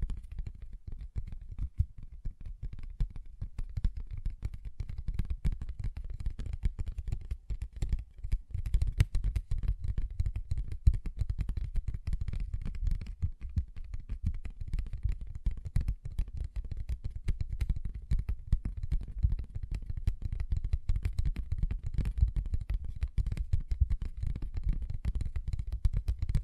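Paper bag being tapped and scratched in a dense, continuous stream of small dry strokes that runs the full length without pause. The sound sits mostly low and dull, with thin crackly ticks scattered above, and the level stays fairly even throughout.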